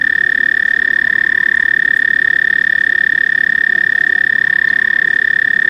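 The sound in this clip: American toad trill, one continuous, even, high-pitched musical trill sustained throughout.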